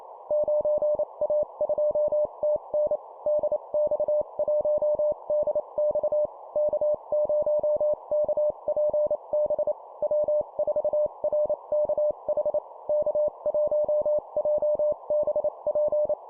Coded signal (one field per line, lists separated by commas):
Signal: Morse code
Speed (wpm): 28 wpm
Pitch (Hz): 600 Hz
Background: none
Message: 9A2TN DX1DX K0KPB W4RKH K1JBP